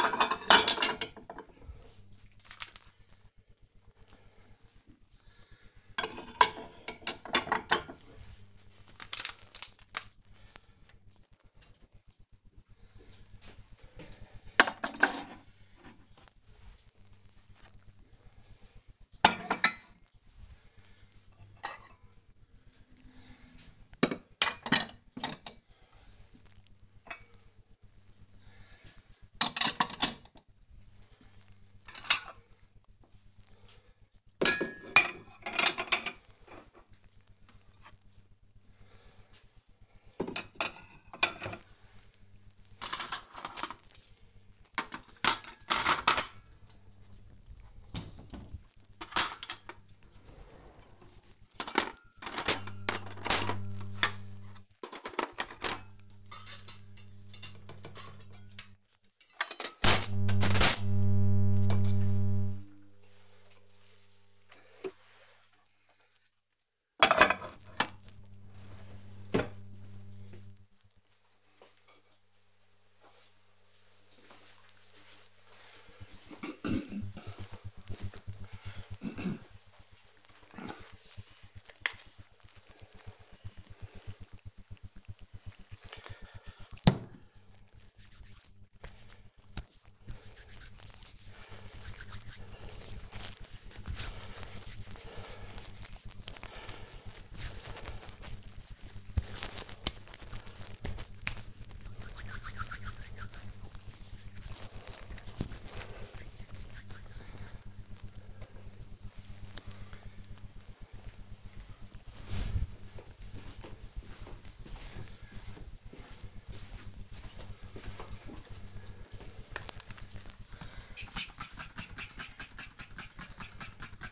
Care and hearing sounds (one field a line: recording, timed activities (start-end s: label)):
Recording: household activities, microphone on the right wrist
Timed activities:
0.00-69.16 s: putting away the dishes
80.23-107.44 s: cream hands
117.53-124.12 s: window cleaning